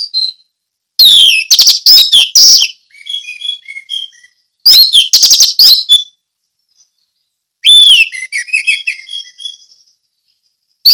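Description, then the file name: Orange-headed thrush delivering three main loud phrases, each a rapid burst of whistles and trills, most trailing into softer twittering. Song in the ngeplong style. "anis merah ngeplong"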